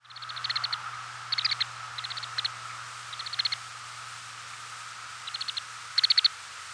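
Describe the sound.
Lapland longspur giving several short rattles of rapid ticking notes in quick succession, with a steady low hum underneath.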